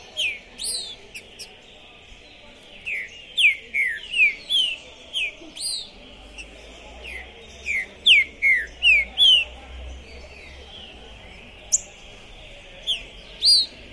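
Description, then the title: Green-winged saltator singing phrases of rapid, bright descending whistles separated by pauses, with thin high chirps behind. Captive bird at a singing tournament entrance, warming up before a contest, chirping, singing and acting macho (macheando), described as 'possessed'; 2021; called a 'Pistoleiro' bird. "ESQUENTAR Seu TRINCA Piando, Cantando E Macheando Na DISPUTA. Esse TRINCA FERRO ficou POSSUÍDO na PORTA do TORNEIO! Trinca Ferro Pistoleiro 2021!"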